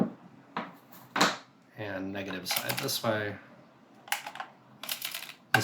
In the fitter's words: battery door will close snap shut and